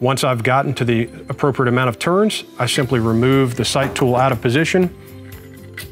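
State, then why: Seated. Someone talks while adjusting the rear sight aperture drum on a roller-delayed rifle's receiver sight: after turning the elevation drum with the sight tool, the tool is removed from position and the aperture setting is reset. A single sharp metallic click at 5.8 s is the aperture seating back into place.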